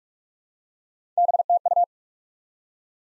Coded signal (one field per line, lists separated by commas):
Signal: Morse code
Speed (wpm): 48 wpm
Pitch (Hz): 700 Hz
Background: none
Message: BTU